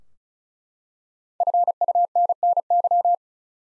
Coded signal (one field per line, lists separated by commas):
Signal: Morse code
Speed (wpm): 36 wpm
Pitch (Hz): 700 Hz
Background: none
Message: FUNNY